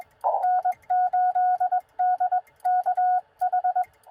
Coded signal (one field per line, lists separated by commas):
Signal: Morse code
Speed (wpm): 20 wpm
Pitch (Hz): 730 Hz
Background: none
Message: N8DKH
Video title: Bug POTA Activation QRP with ham stick and battery (also see description below)